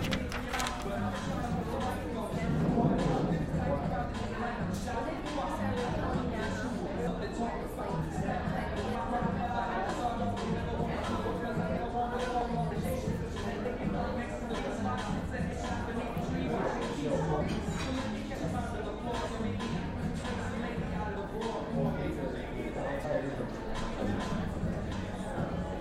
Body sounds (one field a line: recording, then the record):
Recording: background sound without coughing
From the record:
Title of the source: 60 minutes of coffee shop sounds for study and concentration